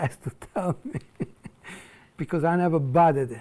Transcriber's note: laugh